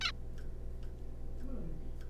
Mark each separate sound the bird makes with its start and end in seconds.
0.01-0.11